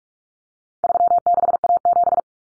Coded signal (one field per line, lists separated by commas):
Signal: Morse code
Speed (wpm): 44 wpm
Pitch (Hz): 700 Hz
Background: none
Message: 36A7